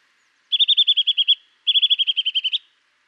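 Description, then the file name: Eurasian nuthatch giving two quick trills of several high notes each, separated by a brief pause. "Sitta europaea"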